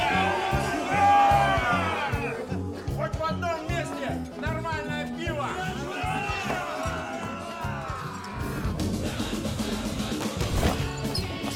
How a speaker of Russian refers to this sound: Они разрушают боулинг, бьют, стряхивают пепел в обувь для боулинга.